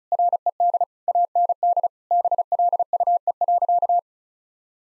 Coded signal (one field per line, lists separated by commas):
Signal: Morse code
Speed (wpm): 36 wpm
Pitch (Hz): 700 Hz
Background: none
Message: RED AND BLUE.